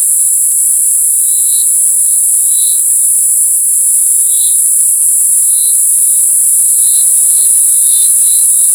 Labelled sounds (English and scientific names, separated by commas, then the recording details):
none
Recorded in forest near Pivijay, Magdalena, Colombia, on 14 April 2023 at 13:00
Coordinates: 10.467, -74.380
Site Z5-G034